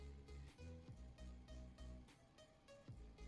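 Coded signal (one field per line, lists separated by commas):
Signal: none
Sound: game intro beeps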